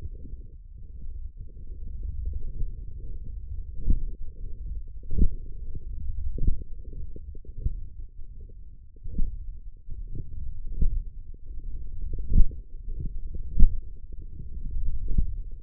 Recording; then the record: forearm muscle sounds (acoustic myography)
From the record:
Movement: hand closing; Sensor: system 1, eight BSWA MPA416 microphones around the upper forearm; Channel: 6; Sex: male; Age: 21 years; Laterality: right